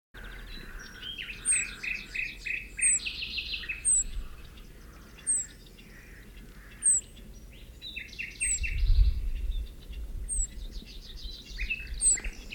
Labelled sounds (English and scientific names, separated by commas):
Rock Bunting (Emberiza cia) call